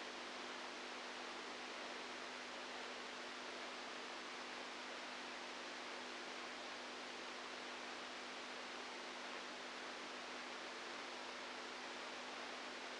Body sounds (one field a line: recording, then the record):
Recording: brain microelectrode recording played as sound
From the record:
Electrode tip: outside the subthalamic nucleus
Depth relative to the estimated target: 1 mm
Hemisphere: right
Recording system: NeuroSet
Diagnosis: Parkinson's disease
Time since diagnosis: 10 years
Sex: female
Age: 67 years